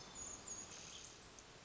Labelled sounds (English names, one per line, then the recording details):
Hermit Thrush
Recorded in Sonoma County, California